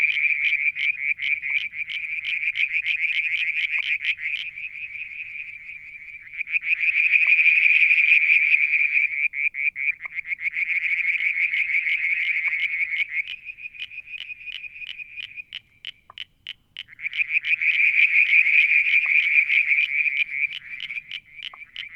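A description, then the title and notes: Frogs call continuously in the evening near a water tank, a dense, bright trilling chorus of fast pulsed notes. The calling swells into louder stretches around seconds 6–9 and 17–20, then thins briefly near 16 seconds. A faint low rumble sits underneath. Frog song, Mount Wilson, New South Wales, Australia in July 2022. Limnodynastes Peronii, Litoria Verreauxii and a mystery frog one evening near the water tank.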